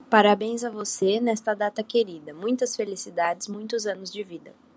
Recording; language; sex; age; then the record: short text; Brazilian Portuguese; female; 20 to 29 years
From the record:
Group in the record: control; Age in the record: 22 years